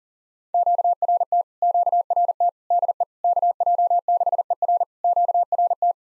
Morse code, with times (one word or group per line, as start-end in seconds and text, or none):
0.5-1.4 QRT
1.6-2.5 QRT
2.7-3.0 DE
3.2-4.8 KJ6ER
5.0-5.9 QRT